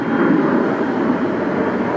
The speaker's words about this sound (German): Von dort sieht man das Rollfeld, auf dem ganz viele Flugzeuge stehen. Und starten.